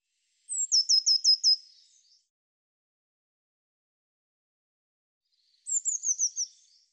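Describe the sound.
Bird singing two short high-pitched phrases about five seconds apart, each a rapid string of five or six sharp descending chirps, with silence between them.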